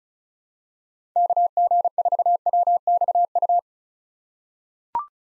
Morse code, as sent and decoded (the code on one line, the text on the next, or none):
-.- --. ....- .-- -..- ..-
KG4WXU